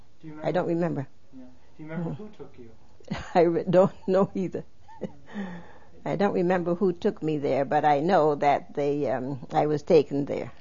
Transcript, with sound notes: Do you remember...
I don't remember.
Do you remember who took you?
( she laughs ) I really don't know either. I don't remember who took me there, but I know that they, um, I was taken there.